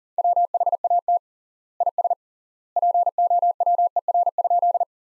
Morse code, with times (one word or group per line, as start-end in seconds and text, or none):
0.2-1.2 WHAT
1.8-2.1 IS
2.8-4.8 POWER?